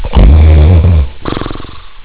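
One loud, deep rumbling snore of about a second, trailing off into a softer fluttering rattle.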